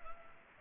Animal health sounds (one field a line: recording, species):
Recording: mosquito wingbeat signal from an infrared sensor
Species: Culex pipiens